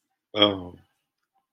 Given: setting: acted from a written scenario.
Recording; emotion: vocal sound without words; sympathy